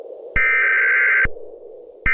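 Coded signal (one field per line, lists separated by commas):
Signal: Emergency Alert System (SAME) tones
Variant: header bursts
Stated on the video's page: Fictional mock EAS alerts for a Michigan severe weather outbreak, made for entertainment.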